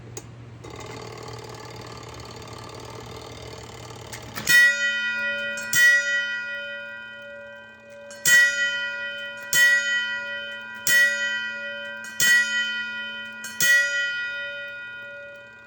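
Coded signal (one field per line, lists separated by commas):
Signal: coded fire alarm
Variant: Reeve coded pull station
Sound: mechanical whirring, then a ringing gong struck twice, a pause, then five times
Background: mechanism whirring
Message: 2-5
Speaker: So let's give it a pull.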